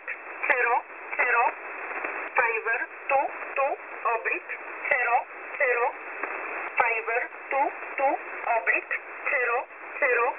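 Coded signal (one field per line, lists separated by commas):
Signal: numbers station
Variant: E11 Oblique, English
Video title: E11 Oblique 07/07/2024 2000 UTC 5409kHz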